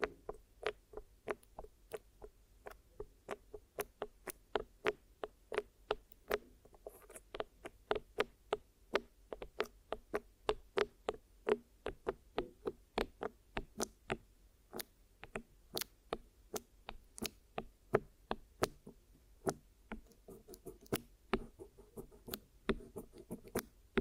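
Ear massage and cleaning sounds: a steady run of sharp, crisp clicks and taps, several per second at an uneven pace, with occasional quick clusters. Soft rubbing fills the gaps, over a faint low hum that stays constant throughout.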